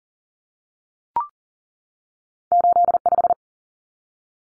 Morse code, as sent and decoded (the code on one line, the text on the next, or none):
---.. .....
85